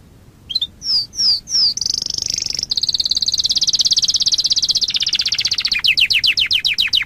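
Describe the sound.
Waterslager canary song: a few clear slurred whistles, then a long fast high trill that breaks into quick descending repeated notes near the end.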